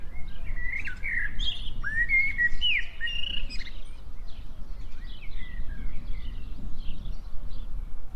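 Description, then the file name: Common blackbird calls: a run of clear warbled and slurred notes in the first three seconds, fading into softer scattered chirps over steady low background rumble. "Turdus merula"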